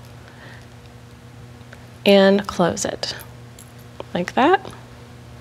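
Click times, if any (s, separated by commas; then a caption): none. A metal jump ring is being handled while it is twisted closed on a jewelry chain, with faint small handling ticks under quiet background hum. Someone talks in two short bursts around 2 to 3 seconds and again near 4.2 to 4.6 seconds. Nothing has clicked closed yet.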